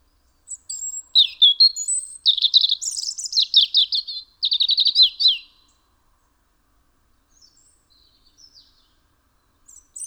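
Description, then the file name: European robin singing a lively burst of high thin notes and rapid trilled runs for about five seconds, followed by near silence and faint notes. "Erithacus rubecula"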